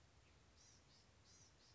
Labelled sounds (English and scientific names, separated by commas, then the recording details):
Blue-gray Gnatcatcher (Polioptila caerulea)
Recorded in Sonoma County, California